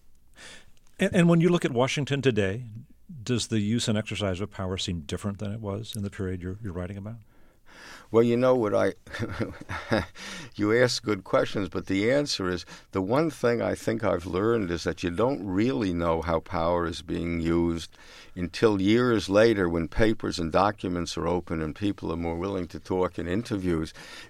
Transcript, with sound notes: And when you look at Washington today, does the use and exercise of power seem different than it was in the period you're writing about?
Well, you know what I...
(LAUGHTER)
You ask good questions, but the answer is the one thing I think I've learned is that you don't really know how power is being used until years later when papers and documents are open, and people are more willing to talk in interviews.